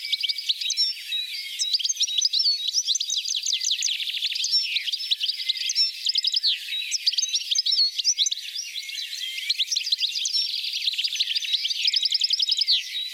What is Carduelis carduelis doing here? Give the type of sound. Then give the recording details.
song. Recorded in the wild. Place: Oberrotweil am Kaiserstuhl, Baden-Württemberg, DE. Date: 1985-05-26. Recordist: Schwarz, Dieter. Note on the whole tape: Song